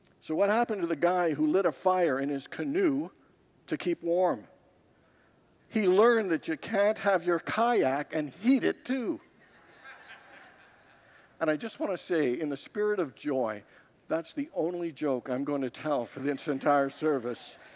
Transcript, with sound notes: So, what happened to the guy who lit a fire in his canoe to keep warm? He learned that you can’t have your kayak and heat it too. [Congregants laugh] And I just want to say, in the spirit of joy, that’s the only joke I’m going to tell for this entire service!